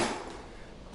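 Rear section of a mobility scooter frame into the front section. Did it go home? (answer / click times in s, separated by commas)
no / none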